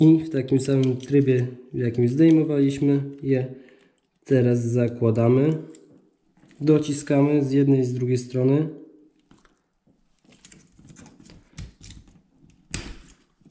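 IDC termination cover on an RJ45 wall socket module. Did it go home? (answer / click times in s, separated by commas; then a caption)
yes / 12.7 s. Someone talks for the first nine seconds, then a cable is pressed into an RJ45 wall socket module and its insulation-displacement (IDC) cover is pushed closed with some force so the blades cut through the wire insulation, with soft handling taps in between. A sharp click at 12.7 s marks the cover snapping shut and seating.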